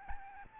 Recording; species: mosquito wingbeat signal from an infrared sensor; Aedes albopictus